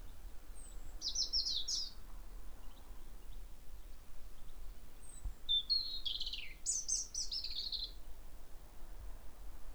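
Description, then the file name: European robin song: two bursts of thin, high, tumbling warbled notes, a short phrase early and a longer varied one after a pause, over soft low rumble. "Erithacus rubecula"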